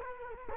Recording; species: mosquito wingbeat signal from an infrared sensor; Culex quinquefasciatus